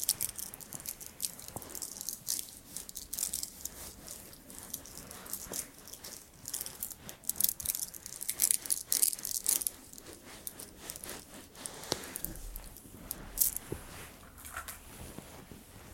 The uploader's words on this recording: Gemstone Energy Back Facial with Color Therapy. Clicking stones, massage sounds and more.